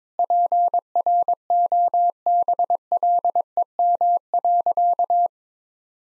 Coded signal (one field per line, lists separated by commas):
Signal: Morse code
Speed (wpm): 22 wpm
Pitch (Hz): 700 Hz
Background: none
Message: PROBLEM.